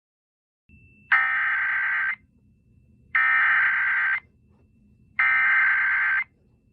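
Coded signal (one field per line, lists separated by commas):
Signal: Emergency Alert System (SAME) tones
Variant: header bursts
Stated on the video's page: Fictional EAS scenario about a 450 mph tornado.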